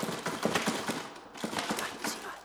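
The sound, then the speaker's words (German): A metal door-latch hook on the inside of a door rattles in quick, uneven bursts of clicks and clacks, fairly faint, with a brief pause before the jittery rattling resumes, as someone tugs at the door. “Hören Sie aber, wie der Haken klappert?”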